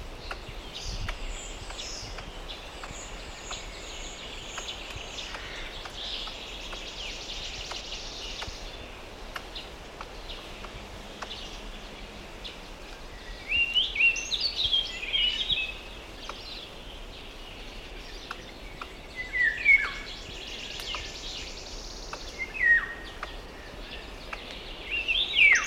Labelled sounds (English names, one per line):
Eurasian Red Squirrel call